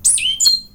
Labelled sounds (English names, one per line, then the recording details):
Stitchbird song
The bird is a male
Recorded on Tiritiri Matangi Island, New Zealand, in 2005
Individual 17, of nest box 25